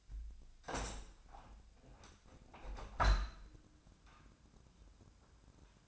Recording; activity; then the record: daily activity, microphone in the room; open window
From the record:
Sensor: 2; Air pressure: 1006.4 hPa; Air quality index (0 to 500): 192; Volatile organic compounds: 12 ppm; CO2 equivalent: 2345 ppm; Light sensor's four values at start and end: 9/21/8/9 and 9/21/9/9